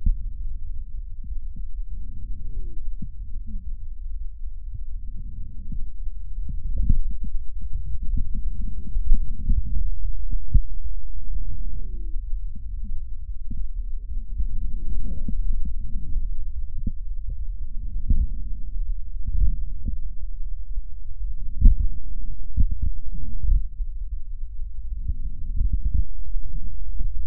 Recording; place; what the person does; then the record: lung sounds by stethoscope; left posterior basal chest; quiet breathing, then deep breathing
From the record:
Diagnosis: asthma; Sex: female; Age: 56 years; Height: 161 cm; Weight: 85 kg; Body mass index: 32.8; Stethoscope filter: bell mode